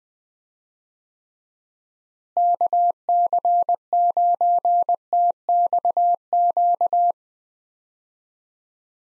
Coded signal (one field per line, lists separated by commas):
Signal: Morse code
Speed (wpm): 21 wpm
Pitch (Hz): 700 Hz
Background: none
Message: KC9TXQ